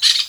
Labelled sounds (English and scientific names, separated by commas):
Brown-throated Parakeet (Eupsittula pertinax) contact call